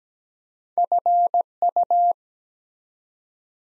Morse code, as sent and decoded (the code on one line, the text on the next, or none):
..-. ..-
FU